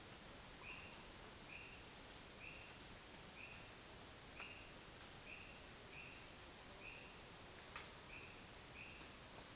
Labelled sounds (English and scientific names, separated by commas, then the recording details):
none
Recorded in dense forest near Puerto Asís, Putumayo, Colombia, on 29 June 2025 at 10:00
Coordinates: 0.484, -76.325
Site H65